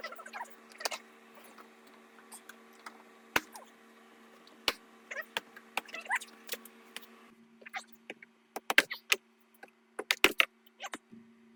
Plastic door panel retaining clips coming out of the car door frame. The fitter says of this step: so just get your fingers underneath there and give it a good tug you'll hear a big snap and